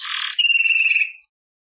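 Belgian canary song phrase: a brief buzzy trill, then a longer rolling trill on a steady pitch that fades out.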